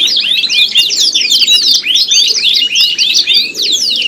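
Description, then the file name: Canary song, rapid repeated zigzag chirps and sharp upslurred whistles running without pause, bright and high-pitched. Canary contest simulation recording, with tutor-style fill-in (isian) songs mixed in. "audio simulasi lomba kenari isian. omkicau"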